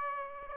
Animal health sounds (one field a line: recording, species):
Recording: mosquito wingbeat signal from an infrared sensor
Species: Aedes aegypti